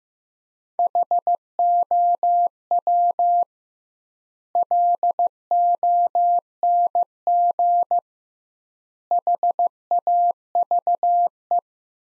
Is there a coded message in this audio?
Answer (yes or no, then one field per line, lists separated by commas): yes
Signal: Morse code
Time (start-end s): 0.8-11.6 s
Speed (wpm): 15 wpm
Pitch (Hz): 700 Hz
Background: none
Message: HOW LONG HAVE